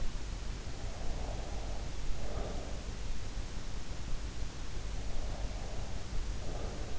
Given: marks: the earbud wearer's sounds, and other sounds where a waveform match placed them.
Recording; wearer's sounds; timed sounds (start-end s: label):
sounds in sleep by an in-ear microphone; breath
0.92-2.87 s: breath
4.93-6.99 s: breath